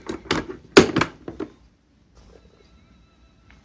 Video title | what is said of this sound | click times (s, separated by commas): PC45TT Start Up and Media Loading | close the printer cover, making sure both sides of the cover click into place. | 0.3 s, 0.8 s